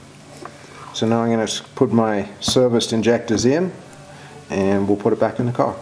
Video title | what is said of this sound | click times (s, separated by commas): BMW 328Xi 2007 Changing Fuel Injectors | so we just want to make sure that everything slides together and when that clip pushes on you'll hear it snap | 0.5 s